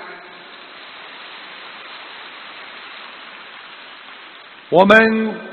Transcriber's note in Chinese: 掌声